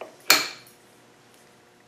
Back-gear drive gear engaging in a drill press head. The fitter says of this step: and give this a rotate until this gear Clicks in